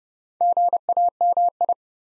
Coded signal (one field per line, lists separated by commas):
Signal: Morse code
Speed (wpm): 30 wpm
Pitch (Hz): 700 Hz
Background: none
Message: GAMI